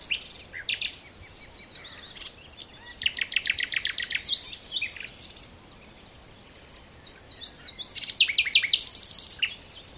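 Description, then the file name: Common nightingale singing varied phrases: fast rattling runs of high repeated notes, slurred whistles and a very high, buzzy burst near the end. "Luscinia megarhynchos"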